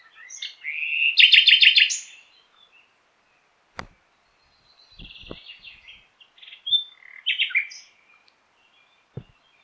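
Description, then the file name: Common nightingale song with a loud rattling trill, then softer varied phrases of chirps and repeated notes, broken by a few sharp clicks. "Luscinia megarhynchos"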